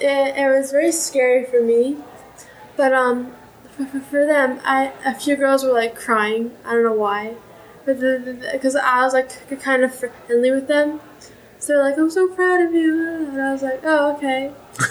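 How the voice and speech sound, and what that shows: A 16-year-old girl speaks with mild stuttering: a repeated opening sound, a repeated word and a stretched word.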